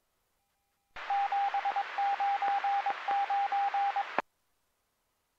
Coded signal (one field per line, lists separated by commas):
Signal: Morse code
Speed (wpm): 22 wpm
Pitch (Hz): 800 Hz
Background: radio noise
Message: 799